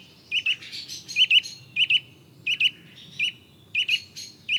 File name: Sitta europaea